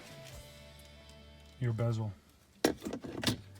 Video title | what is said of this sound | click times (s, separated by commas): [HOW TO] Remove / Replace Shift Knob on a 2015-2020 Colorado (Simple) | just snaps into place as well now | 2.7 s